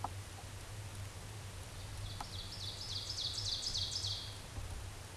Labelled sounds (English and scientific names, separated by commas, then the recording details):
Ovenbird (Seiurus aurocapilla) song
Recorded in a Pennsylvania forest on 17 May 2023 at 14:07
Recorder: AudioMoth, point grid1_30_low
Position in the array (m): 165 m, 55 m